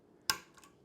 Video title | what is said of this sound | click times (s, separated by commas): Perfect Guitar Neck Finishing: How to Build and Use a Jig Rack | and now we're locked into place this isn't going anywhere | 0.3 s